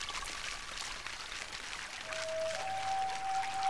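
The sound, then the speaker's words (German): Water, thought to come from the river, flows steadily through a palace with a continuous bright rushing hiss and no one speaking; about halfway through, a thin, steady high tone emerges faintly over the flow. “Das ganze Wasser kommt wohl aus dem Fluss, nehme ich an.”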